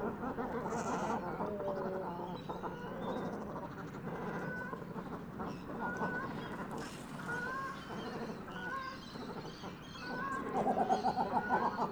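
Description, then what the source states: Great cormorant calls: deep, guttural croaks and grunts from many birds overlapping in a dense, continuous chorus. Arriving at roost.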